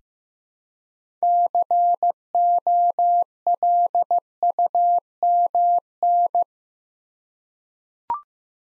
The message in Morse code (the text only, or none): COLUMN